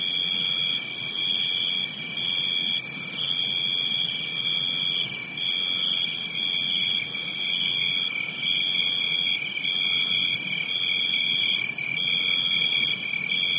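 Crickets chirping in a dense chorus of steady high-pitched trills, several layered tones overlapping continuously with no pause throughout.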